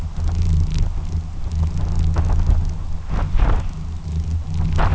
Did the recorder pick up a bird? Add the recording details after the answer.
no. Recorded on Arctic tundra, site UTQI-2, on 12 June 2019. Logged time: 04:00